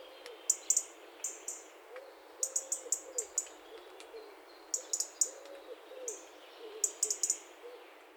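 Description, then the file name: European robin giving short, very high ticking calls in quick bursts, repeated irregularly, with soft low wavering notes in the background. "Erithacus rubecula"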